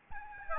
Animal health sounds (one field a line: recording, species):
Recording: mosquito wingbeat signal from an infrared sensor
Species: Aedes albopictus